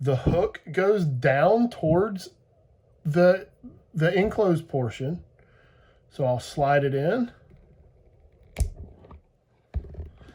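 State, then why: Seated. A crimped metal contact on a DC power lead is slid into a plastic Anderson-style connector housing while someone talks. Its spring hook latches with a sharp click at 8.6 s, followed by a few faint clicks and handling sounds, seating the contact in the housing.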